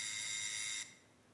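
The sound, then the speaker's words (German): A doorbell rings with one steady, bright buzzing tone that holds for under a second and then cuts off abruptly, leaving quiet background. No one speaks. “Was war das? Die Türklingel.”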